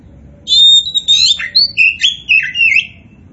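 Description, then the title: Oriental magpie-robin song: one varied phrase of clear whistled notes, rising and falling slurs, lasting about two and a half seconds. Oriental magpie-robin of the poci type in gacor form (steady, vigorous singing). "Kacer Poci"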